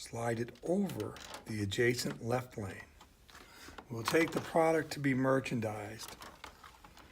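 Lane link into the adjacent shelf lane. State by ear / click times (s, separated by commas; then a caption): not seated / none. A plastic merchandising lane is handled on a shelf rail, its link being slid over the adjacent left lane while someone talks. Faint handling taps come at about 3.3, 3.8 and 6.4 seconds. The clip ends before the link clicks into the adjacent lane, so nothing has seated yet.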